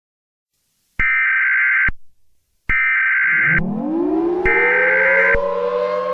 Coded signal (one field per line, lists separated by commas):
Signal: Emergency Alert System (SAME) tones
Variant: header bursts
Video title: Demogorgon Attack on New Year's Eve: EAS Scenario Simulation #easscenario #strangerthings